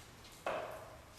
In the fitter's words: And you'll hear it snap in there.